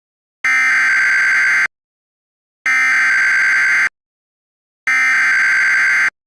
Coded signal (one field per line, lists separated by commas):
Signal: Emergency Alert System (SAME) tones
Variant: header bursts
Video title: EAS MOCK | Fairfax Severe thunderstorm troubles